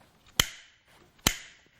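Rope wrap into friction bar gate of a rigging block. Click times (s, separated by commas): 0.4 s, 1.3 s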